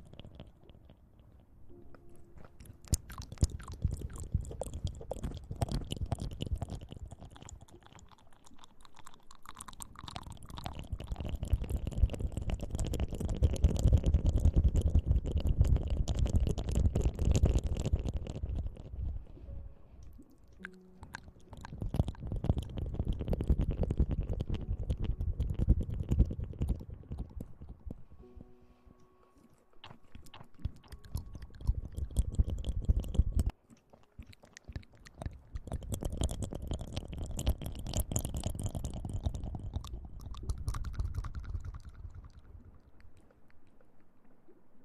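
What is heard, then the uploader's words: Wet mouth sounds come in dense bursts of rapid clicks and smacks, like chewing, swelling and fading over several seconds each. Strong passages land around 3–19, 21–29, and 34–44 seconds, with brief quieter gaps between. Mouth Sounds.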